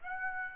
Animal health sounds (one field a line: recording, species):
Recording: mosquito wingbeat signal from an infrared sensor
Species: Aedes aegypti